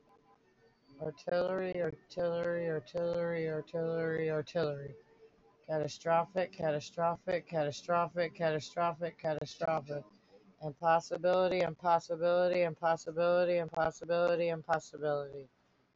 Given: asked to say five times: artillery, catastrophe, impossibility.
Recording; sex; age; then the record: three words, each repeated; female; 30 to 39 years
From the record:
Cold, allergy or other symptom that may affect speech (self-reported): no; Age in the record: 37 years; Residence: West Virginia, United States